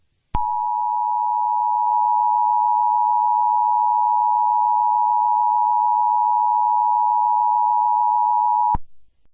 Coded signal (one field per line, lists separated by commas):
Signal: Emergency Alert System (SAME) tones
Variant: 853 and 960 Hz attention tone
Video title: EAS Scenario #1: Eruption (Sneak Peek)